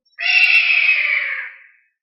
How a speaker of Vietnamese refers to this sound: Trên tiên lộ truyền ra tiếng sinh linh gào rít, chấn động đông hoang.